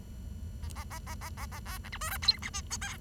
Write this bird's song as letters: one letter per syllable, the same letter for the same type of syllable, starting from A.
A A A A A A A B C D E F G H I J K